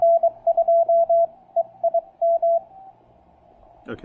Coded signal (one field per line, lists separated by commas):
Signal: Morse code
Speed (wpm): 23 wpm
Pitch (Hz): 670 Hz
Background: speech, radio noise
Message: N2EIM